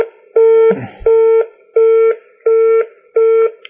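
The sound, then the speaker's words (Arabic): A phone line's disconnect tone after a call drops: five steady, mid-pitched beeps, evenly spaced with short silences between, loud and alone, with a brief muffled bump near the start. “لست أنا الذي قطعت الهاتف والذي قطع.”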